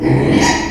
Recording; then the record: squeal of a Yucatan mini pig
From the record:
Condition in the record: after surgery on the right vocal fold (resection and tissue-engineered implant); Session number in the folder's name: 2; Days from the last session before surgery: 13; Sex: male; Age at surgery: 12 weeks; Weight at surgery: 13 kg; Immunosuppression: cyclosporine, prednisolone